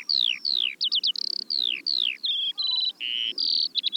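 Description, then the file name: Eurasian skylark song with descending whistled slurs, short trills and flat high notes in a hurried sequence, plus a faint lower call and light background hiss. "veldleeuwerik"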